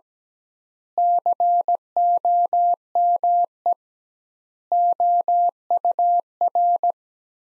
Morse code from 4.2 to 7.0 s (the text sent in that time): OUR